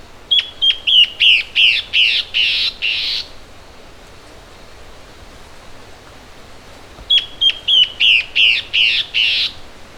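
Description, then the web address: Bird calls in two matching bursts: each a quick run of sharp notes turning into harsh, noisy rasps, separated by about four seconds of quiet. "BIRD SABIOD bird"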